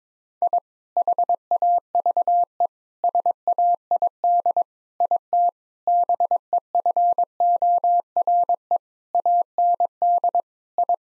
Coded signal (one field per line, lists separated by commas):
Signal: Morse code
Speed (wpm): 22 wpm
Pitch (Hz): 700 Hz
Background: none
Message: I HAVE SAID IT BEFORE AND I